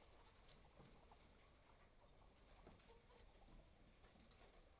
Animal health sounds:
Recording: poultry house recording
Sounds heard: healthy chickens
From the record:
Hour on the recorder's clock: 12

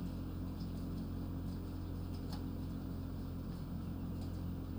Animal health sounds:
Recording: poultry house recording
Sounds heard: healthy chickens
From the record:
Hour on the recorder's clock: 21

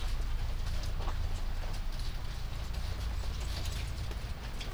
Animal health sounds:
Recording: poultry house recording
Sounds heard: sick chickens (respiratory disease)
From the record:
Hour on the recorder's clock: 1

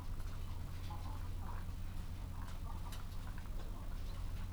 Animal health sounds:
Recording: poultry house recording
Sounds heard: sick chickens (respiratory disease)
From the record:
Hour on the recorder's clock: 14

